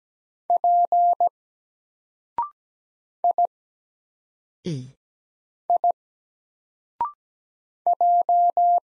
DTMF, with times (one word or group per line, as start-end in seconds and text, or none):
none